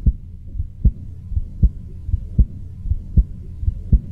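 Strong, regular low heart thumps at about 78 a minute, picked up through air by a microphone about 6 inches in front of an adult woman's chest rather than a stethoscope, as if standing next to her in a quiet room; audible 2 feet away, months after surgery replacing 4 inches of her aorta for an aortic aneurysm, with a previously diagnosed murmur.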